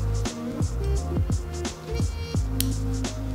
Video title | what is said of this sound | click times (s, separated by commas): ShopGld Tri-Colored Diamond Cuban Link Necklace x Diamond Tester | Okay, you can hear it clicking in place. | 2.6 s